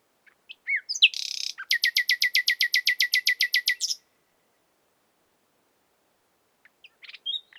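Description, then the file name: Common nightingale song phrase: a few sharp notes and a harsh buzzy burst lead into a fast, even trill of many notes, then silence and faint notes. "Luscinia megarhynchos"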